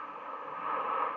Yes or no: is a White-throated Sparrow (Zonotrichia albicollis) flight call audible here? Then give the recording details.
no. Another species' flight call is heard. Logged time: 03:07 on 13 November 2014